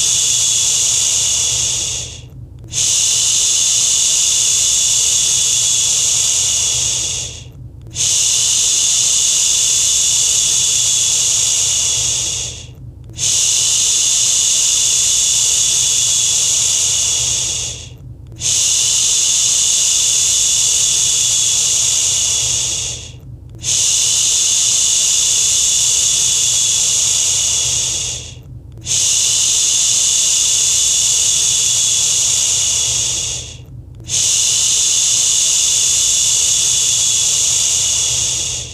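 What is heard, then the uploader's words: A steady, bright shushing sound runs in long, even bursts of about five seconds, each broken by a brief pause for breath. The rhythm stays regular throughout, airy, with a faint low rumble underneath. Shushing for a Sleepy Baby at Bedtime. Uninterrupted 90+ minutes of a real human voice to shush your baby (or yourself) to sleep. The episode does not fade out. A mix of natural and calming shushing sounds.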